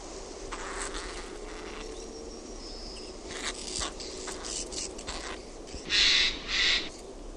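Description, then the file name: Eurasian jay letting out two loud, grating screeches toward the end, after a stretch of softer harsh sounds. "NARHI"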